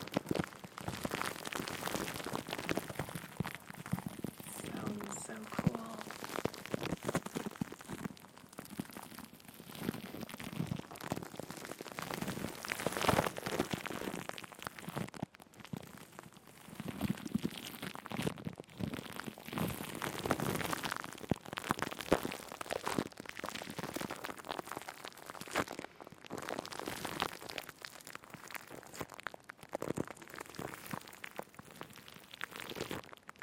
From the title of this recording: Plastic Wrap Triggers Crinkles, Shaving Cream, Mic Brushing, Scratching